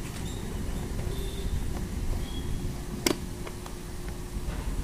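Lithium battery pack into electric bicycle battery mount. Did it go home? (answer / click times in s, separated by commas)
yes / 3.1 s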